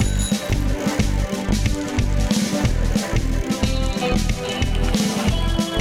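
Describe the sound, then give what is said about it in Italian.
A loud, upbeat instrumental theme tune of the program Voci dal Giro, about the Giro cycling race, plays on its own, driven by a steady pulsing bass beat with bright layered melody and percussion on top. “Farei partire la sigla.”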